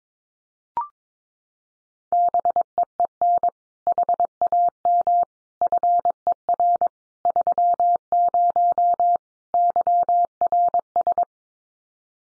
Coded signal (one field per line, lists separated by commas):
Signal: Morse code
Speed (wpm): 22 wpm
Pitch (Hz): 700 Hz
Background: none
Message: BEEN HAM FER 30 YRS